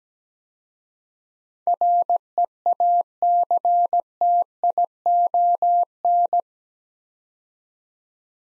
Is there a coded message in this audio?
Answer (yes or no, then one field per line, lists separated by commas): yes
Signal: Morse code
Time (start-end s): 1.7-6.4 s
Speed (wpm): 17 wpm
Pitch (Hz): 700 Hz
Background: none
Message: REACTION